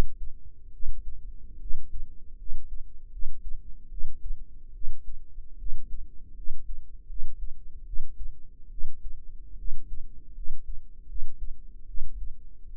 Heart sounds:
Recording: heart sounds by microphone in the right ear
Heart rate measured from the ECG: 75 bpm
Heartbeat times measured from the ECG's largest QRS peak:
0.71 s: heartbeat
1.59 s: heartbeat
2.37 s: heartbeat
3.10 s: heartbeat
3.89 s: heartbeat
4.72 s: heartbeat
5.57 s: heartbeat
6.35 s: heartbeat
7.07 s: heartbeat
7.85 s: heartbeat
8.69 s: heartbeat
9.56 s: heartbeat
10.34 s: heartbeat
11.07 s: heartbeat
11.86 s: heartbeat
12.68 s: heartbeat
From the record:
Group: healthy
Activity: rest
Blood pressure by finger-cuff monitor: 108/70 mmHg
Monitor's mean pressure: 83 mmHg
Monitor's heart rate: 76 bpm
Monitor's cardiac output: 6.1 L/min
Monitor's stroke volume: 81 mL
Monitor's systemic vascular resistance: 1010 dyn s/cm5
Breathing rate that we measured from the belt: 15 breaths a minute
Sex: female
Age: 22 years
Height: 160 cm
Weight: 45 kg

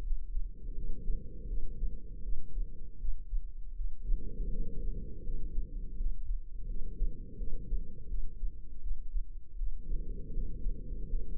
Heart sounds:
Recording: heart sounds by microphone in the left ear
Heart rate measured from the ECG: 81 bpm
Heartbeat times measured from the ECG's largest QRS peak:
0.01 s: heartbeat
0.73 s: heartbeat
1.45 s: heartbeat
2.20 s: heartbeat
2.96 s: heartbeat
3.72 s: heartbeat
4.48 s: heartbeat
5.23 s: heartbeat
5.95 s: heartbeat
6.66 s: heartbeat
7.35 s: heartbeat
8.06 s: heartbeat
8.79 s: heartbeat
9.55 s: heartbeat
10.31 s: heartbeat
11.08 s: heartbeat
From the record:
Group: healthy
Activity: cold pressor test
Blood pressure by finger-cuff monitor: 125/94 mmHg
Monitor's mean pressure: 104 mmHg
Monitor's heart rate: 83 bpm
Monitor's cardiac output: 5.8 L/min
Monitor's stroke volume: 71 mL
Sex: female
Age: 32 years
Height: 172 cm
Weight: 71.7 kg

